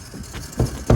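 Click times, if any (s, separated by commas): 0.9 s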